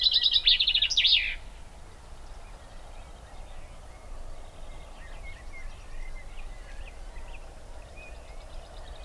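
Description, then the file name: Common chaffinch song fragment: a loud, brief closing flourish in the first second and a half, followed by faint chirps in the background. "Fringilla coelebs"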